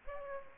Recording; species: mosquito wingbeat signal from an infrared sensor; Aedes aegypti